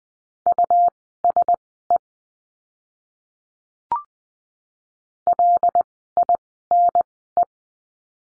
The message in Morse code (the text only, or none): USE LINE